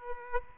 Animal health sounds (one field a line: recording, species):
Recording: mosquito wingbeat signal from an infrared sensor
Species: Aedes aegypti